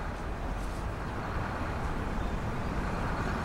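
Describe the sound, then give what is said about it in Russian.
A bus engine idles with a steady, low rumble and a broad hiss as the bus is about to depart, holding an even loudness throughout with no voices. “Автобус отправляется, прощайтесь.”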